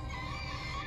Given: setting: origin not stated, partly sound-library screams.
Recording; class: one-second piece from a danger detection set; woman in danger